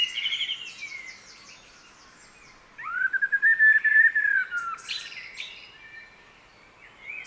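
Common blackbird song: a short whistled phrase with high twittering, a pause, then a longer fluty warbled phrase followed by a few thin squeaky notes.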